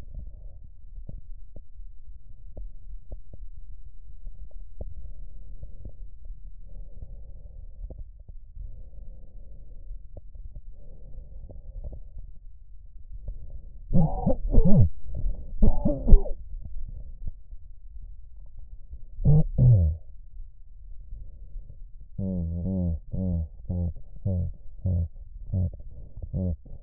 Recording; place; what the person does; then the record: lung sounds by stethoscope; right posterior apical chest; quiet breathing, then cough and speech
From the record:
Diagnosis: none (healthy); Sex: male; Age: 34 years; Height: 174 cm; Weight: 93 kg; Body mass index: 30.7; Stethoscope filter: extended mode